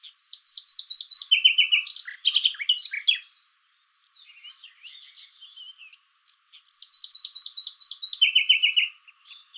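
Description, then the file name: Common nightingale song: a series of rising repeated whistles sliding into fast lower notes, a quieter varied passage, then the pattern again. "Luscinia megarhynchos"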